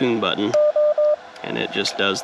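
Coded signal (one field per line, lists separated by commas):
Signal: none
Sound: antenna tuner beeps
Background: speech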